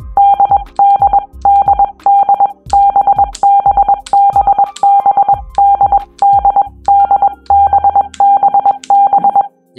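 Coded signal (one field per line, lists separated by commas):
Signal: Morse code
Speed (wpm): 21 wpm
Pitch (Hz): 800 Hz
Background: none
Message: DDDDBBBBDDDBBB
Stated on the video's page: Morse code learning tips for the letters B and D, practiced with the CW Player app.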